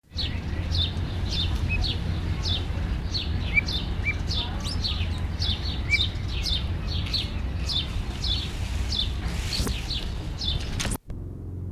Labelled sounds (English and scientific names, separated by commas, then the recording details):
Lady Amherst's Pheasant (Chrysolophus amherstiae) call
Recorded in captivity
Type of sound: call
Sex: female
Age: adult
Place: Zoo Halle, Sachsen-Anhalt, DE
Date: 1969-05-14 15:00
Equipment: Uher 4200 Report Stereo, Vorverstärker, Sennheiser MD 421
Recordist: Tembrock, Günter
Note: Lautfolgen der Henne. Abstand: 5 m. Aufnahmezeit: 15-18.00 Uhr